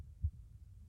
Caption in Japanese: お母さんの心音。